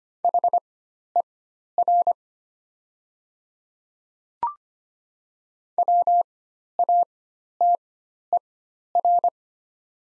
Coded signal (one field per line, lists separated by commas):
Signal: Morse code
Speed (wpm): 25 wpm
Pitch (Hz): 700 Hz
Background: none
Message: HER WATER